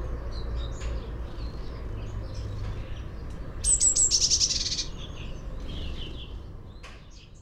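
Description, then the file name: Eurasian blue tit singing one phrase of high, thin, sliding notes running into a rapid trill, amid faint chirps from other birds and low background noise. "Cyanistes caeruleus"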